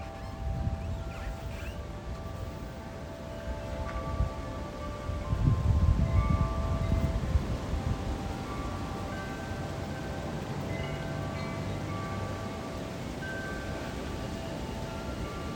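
Wind chimes ring outdoors at night, their thin metallic tones hanging and overlapping steadily throughout. Gusts of wind rumble low against the microphone, strongest around five to eight seconds, while a constant wash of road and water noise sits underneath.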